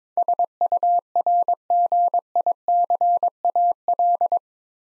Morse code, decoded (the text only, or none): SURGICAL